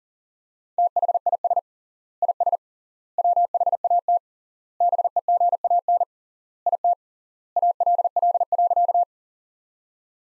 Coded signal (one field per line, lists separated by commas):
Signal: Morse code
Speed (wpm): 40 wpm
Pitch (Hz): 700 Hz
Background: none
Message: THIS IS WHAT BEGAN IT ALL.